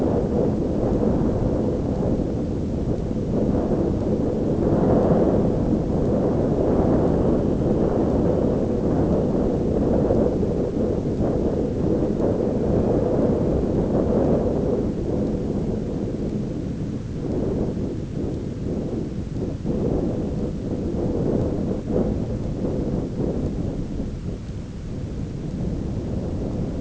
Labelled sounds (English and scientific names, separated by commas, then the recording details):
none
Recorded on Arctic tundra, site ZACK-1, on 9 June 2019
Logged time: 13:49